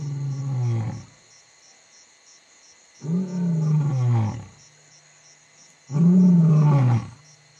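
Lion roaring: three long, deep, rumbling roars spaced a few seconds apart, the last the loudest.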